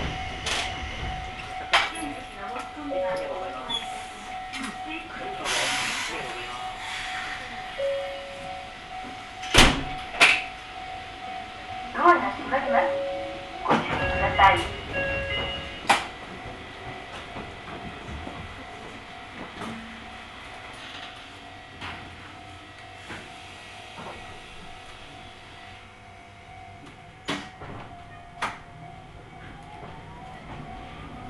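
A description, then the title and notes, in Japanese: Riding an Omi Railway train, a steady tone hums throughout under a low rumble of the carriage. Sharp clanks and knocks strike often, clustered around five to sixteen seconds, with bursts of murmured voices, then the ride settles quieter with scattered clicks. 近江鉄道 高宮→彦根→八日市。高宮での待ち時間が長いこともあって一旦彦根まで戻り、再び本線に戻って八日市へと向かいます。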